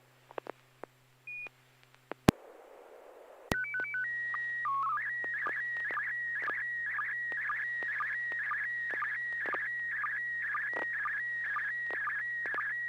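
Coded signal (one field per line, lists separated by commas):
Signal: SSTV (slow-scan television)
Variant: PD120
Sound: clicks and a noise burst, then a steady tone header, then warbling tone with rhythmic chirps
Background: FM squelch noise, clicks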